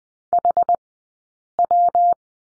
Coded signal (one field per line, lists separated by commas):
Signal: Morse code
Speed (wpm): 20 wpm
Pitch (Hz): 700 Hz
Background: none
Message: HW